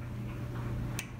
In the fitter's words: Now go back and hear it click again. Okay,